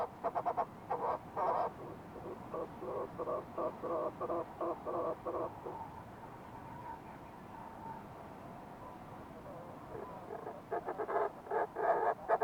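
Fulmar prion call series: clipped rasping notes repeated about three per second, a quieter drawn-out stretch in the middle, then louder pulsed bursts at the end.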